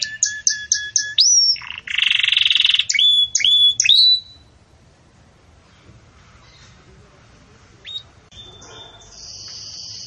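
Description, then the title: Belgian canary giving short chipping notes, a buzzy burst and upslurred whistles for four seconds, then mostly quiet with faint later notes. Belgian canary song in the campainha (bell) style, used for training young chicks to sing. "Canto Do Canário Belga Campainha Para Encarte De Filhotes"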